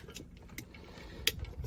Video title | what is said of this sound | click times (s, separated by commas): Magliner Keeps Stopping? Check Out this 10-Minute Fix! | it on in there you should hear it click | 1.3 s